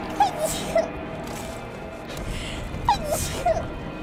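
Two small, high-pitched sneezes, each a quick breath in followed by a sharp burst of air.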